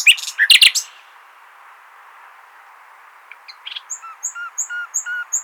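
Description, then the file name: Common nightingale song: a loud jumbled burst, a pause, then a soft series of repeated piping notes beginning to build. "Luscinia megarhynchos"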